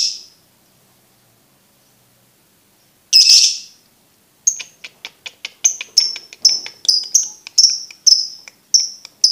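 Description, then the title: Lovebird chirping song: a single harsh burst after silence, then clicking notes building into a rapid series of shrill, high chirps. Masteran training recording made for birds to learn ngekek. "MASTERAN BURUNG 2. Belajar Ngekek"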